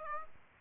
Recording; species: mosquito wingbeat signal from an infrared sensor; Aedes aegypti